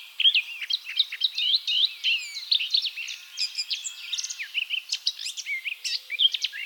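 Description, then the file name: Eurasian blackcap song, a fast continuous warble of scratchy and whistled notes, varied and unbroken for nearly seven seconds. "Sylvia atricapilla"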